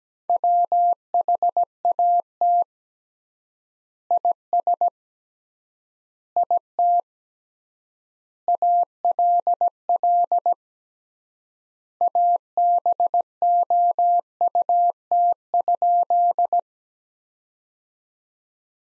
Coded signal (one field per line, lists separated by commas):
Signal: Morse code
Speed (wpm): 17 wpm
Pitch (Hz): 700 Hz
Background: none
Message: WHAT IS IT ALL ABOUT?